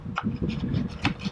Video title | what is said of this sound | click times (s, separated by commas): JazzInc 1/12 Scale Diorama - Unboxing & Review | and it basically just pops into place like so. | 0.2 s, 1.0 s